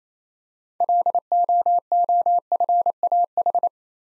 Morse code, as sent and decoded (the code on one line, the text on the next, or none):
.-.. --- --- ..-. .- ....
LOOFAH